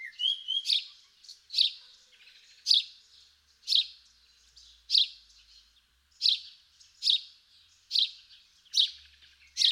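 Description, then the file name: House sparrow chirping: loud, harsh single chirps repeated about once a second. "Passer domesticus"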